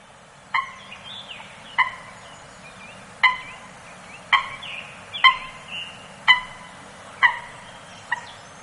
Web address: eurasian coot